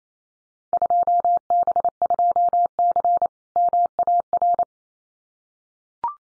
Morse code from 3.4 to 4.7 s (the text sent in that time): MAR